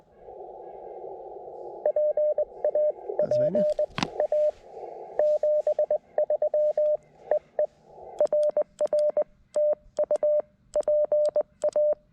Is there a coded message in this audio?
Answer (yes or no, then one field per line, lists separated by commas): yes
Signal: Morse code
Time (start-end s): 1.9-11.9 s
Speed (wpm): 20 wpm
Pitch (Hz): 590 Hz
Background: radio noise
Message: PA PA 73 EE RR TU PA